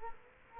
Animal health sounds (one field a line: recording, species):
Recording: mosquito wingbeat signal from an infrared sensor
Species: Culex quinquefasciatus